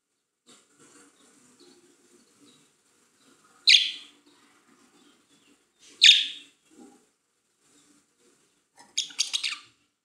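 Budgerigar calls, two sharp bright chirps a couple of seconds apart, then a short burst of scratchy chatter, with faint background murmur.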